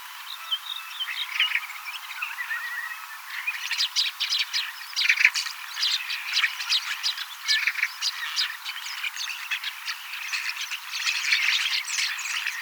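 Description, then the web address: Common starling song, a few soft whistles and chirps at first, then denser clicking, rattling chatter building and continuing to the end. Young starlings singing and practising song, mimicking several other species a little; 18 October 2024. "paivat 18 10 2024 kasittaakseni kottaraisnuoret laulavat lauluharjoittelevat useita lajeja matkivat hiukan"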